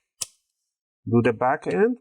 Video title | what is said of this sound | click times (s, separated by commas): Hp 15 EH0003 💻 Ram Upgrade | and make sure you hear that big click. | 0.2 s